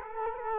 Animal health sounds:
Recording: mosquito wingbeat signal from an infrared sensor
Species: Culex quinquefasciatus

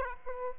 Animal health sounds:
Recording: mosquito wingbeat signal from an infrared sensor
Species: Aedes aegypti

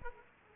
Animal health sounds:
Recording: mosquito wingbeat signal from an infrared sensor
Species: Aedes aegypti

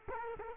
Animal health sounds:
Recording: mosquito wingbeat signal from an infrared sensor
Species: Culex quinquefasciatus

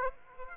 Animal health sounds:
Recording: mosquito wingbeat signal from an infrared sensor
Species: Aedes aegypti

